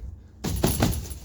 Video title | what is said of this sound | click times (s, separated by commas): Tonneau Cover Install on 2020 Ram Warlock Quad Cab 1500 Classic 6'4" Box | so now the weight is where it should be, onto here, and everything does line up fine, and it clicks into place. | 0.4 s